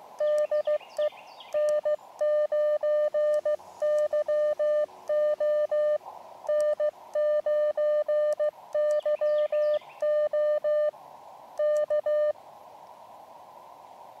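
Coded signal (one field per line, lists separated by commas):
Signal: Morse code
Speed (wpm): 16 wpm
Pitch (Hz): 600 Hz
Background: none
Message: DE N9YO N9YO K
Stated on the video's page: QRP CW from an Elecraft KX2 using a Packtenna long wire antenna outdoors in fall.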